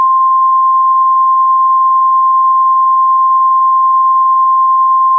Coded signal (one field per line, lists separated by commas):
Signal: Emergency Alert System (SAME) tones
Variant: 1050 Hz attention tone